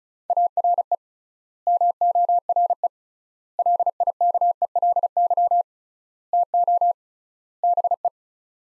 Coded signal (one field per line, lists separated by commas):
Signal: Morse code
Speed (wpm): 36 wpm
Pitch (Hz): 700 Hz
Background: none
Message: ARE MORE LIKELY TO BE